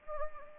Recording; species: mosquito wingbeat signal from an infrared sensor; Anopheles gambiae